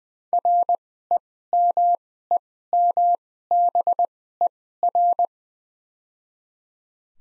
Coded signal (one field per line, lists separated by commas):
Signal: Morse code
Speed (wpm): 20 wpm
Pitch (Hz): 700 Hz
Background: none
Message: REMEMBER